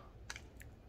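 A plastic spinner piece is being handled against the hub of a DIY window spinner toy, a part that clicks into place and can't be taken apart once pushed home. Short, light plastic taps land at about 0.3, 0.4 and 0.6 seconds over a quiet background. Nothing has seated or clicked into place yet.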